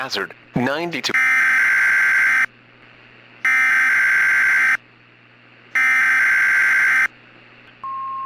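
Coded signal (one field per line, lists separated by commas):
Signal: Emergency Alert System (SAME) tones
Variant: header bursts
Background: speech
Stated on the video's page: Fictional, hypothetical EAS scenario tones for an imagined derecho striking the Gulf Coast.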